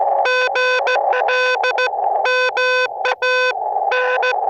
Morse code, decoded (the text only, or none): GL MA N